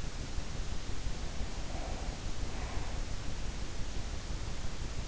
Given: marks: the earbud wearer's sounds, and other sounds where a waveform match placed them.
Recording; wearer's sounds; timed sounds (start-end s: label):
sounds in sleep by an in-ear microphone; breath
0.65-3.12 s: breath